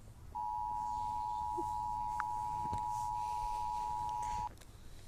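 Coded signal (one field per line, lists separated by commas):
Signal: Emergency Alert System (SAME) tones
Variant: 853 and 960 Hz attention tone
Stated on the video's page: Fictional EAS scenario, not a real alert.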